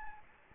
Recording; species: mosquito wingbeat signal from an infrared sensor; Anopheles gambiae